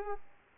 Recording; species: mosquito wingbeat signal from an infrared sensor; Culex pipiens